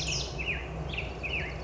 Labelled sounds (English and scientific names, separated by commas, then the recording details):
Black-headed Grosbeak (Pheucticus melanocephalus)
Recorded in Sonoma County, California